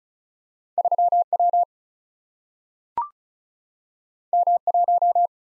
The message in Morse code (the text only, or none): 3W M1